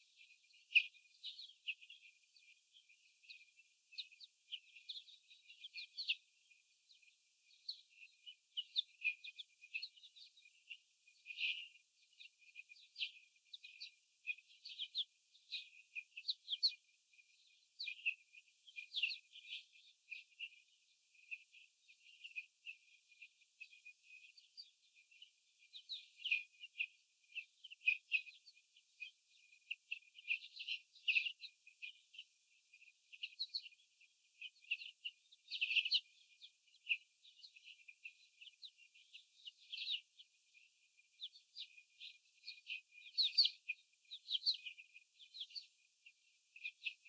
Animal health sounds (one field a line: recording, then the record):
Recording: young laying hens in a cage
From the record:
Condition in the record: after the stressor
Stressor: sudden umbrella opening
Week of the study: 3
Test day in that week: 2